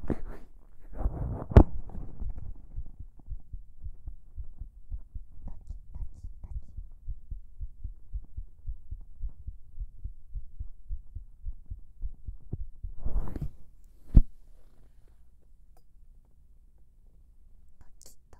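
Soft, steady, low thumping heartbeat heard close up, with brief louder rustles near the start and again around thirteen seconds. An ordinary adult heartbeat with a regular rhythm; a faint stomach gurgle is also heard.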